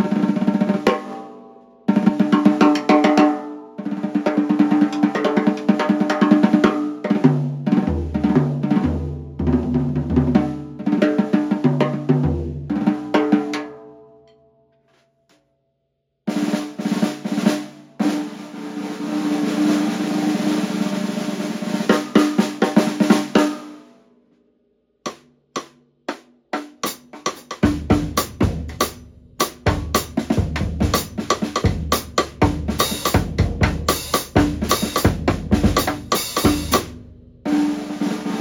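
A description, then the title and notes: A rosewood segmented snare drum is played in bursts of rapid strokes and rolls, with a ringing midrange tone. Playing stops briefly near fourteen seconds and again around twenty-five. The final stretch turns to sparser hits carrying a deep low thump and crisp bright snap. Angel rosewood segmented snare drum. Angel 5.5 x 14” rosewood segment shell snare drum demo. The shell is about 12 mm thick. It’s very ringy for a wood shell!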